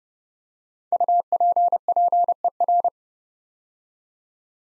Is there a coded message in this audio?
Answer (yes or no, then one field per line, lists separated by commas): yes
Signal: Morse code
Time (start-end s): 0.9-2.9 s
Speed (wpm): 30 wpm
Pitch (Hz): 700 Hz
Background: none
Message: UPPER